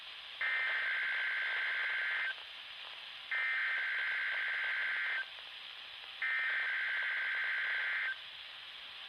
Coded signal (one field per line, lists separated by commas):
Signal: Emergency Alert System (SAME) tones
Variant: header bursts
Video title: Required weekly test (EAS #27) (Radios: midland hh50, wr400.)(fail: midland hh50)( WXK22) 4-15-20